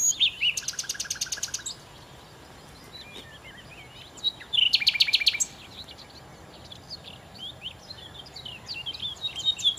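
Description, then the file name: Common nightingale song: two rapid, rattling trills of evenly spaced notes, separated by softer chirps and whistles. "Nachtigall"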